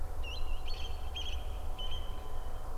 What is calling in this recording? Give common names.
Eurasian Stone-curlew